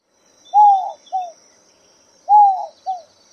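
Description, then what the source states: Inca dove cooing: two two-note phrases, each a longer arched first note and a short second note. Low, mournful coo likened to the words 'no hope'.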